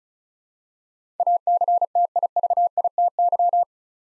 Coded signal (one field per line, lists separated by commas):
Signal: Morse code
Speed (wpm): 34 wpm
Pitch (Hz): 700 Hz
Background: none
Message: ACTIVITY